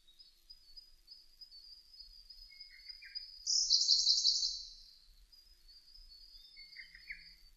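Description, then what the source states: Siberian blue robin song: a few soft lower notes, then a loud, rapid, rattling trill of about one second, then a few more soft lower notes, over a steady high insect-like whine. Recorded in 2005.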